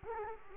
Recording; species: mosquito wingbeat signal from an infrared sensor; Culex quinquefasciatus